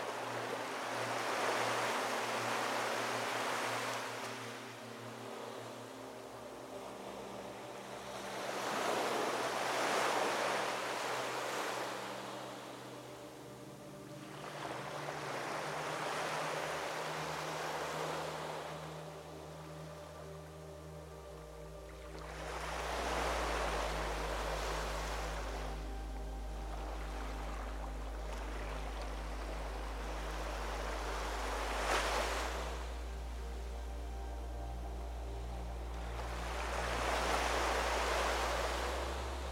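Ocean waves roll in and wash out in slow, regular surges, cresting roughly every seven or eight seconds with a soft hiss. Beneath them a calm melody of sustained, gently shifting tones plays steadily, its low notes deepening after about twenty seconds.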